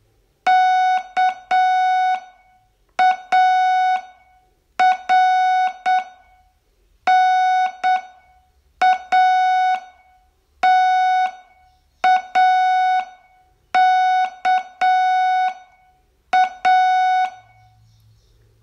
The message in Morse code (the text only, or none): KARNATAKA